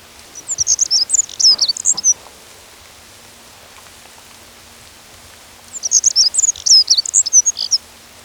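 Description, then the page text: Black-throated accentor singing two fast, jumbled high-pitched warbling phrases separated by about three and a half seconds, each lasting about two seconds, with soft hiss between them. "Black-Throated Accentor Song. Quick Sounds"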